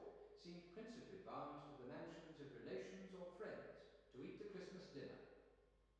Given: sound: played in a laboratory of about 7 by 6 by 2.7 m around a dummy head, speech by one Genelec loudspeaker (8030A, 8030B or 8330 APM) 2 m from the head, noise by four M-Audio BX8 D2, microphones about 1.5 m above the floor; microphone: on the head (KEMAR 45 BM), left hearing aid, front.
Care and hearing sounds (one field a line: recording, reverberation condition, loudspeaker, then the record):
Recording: male speech in English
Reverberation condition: high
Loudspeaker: 60 degrees to the right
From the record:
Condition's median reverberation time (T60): about 1300 ms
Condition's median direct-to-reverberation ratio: about -4.0 dB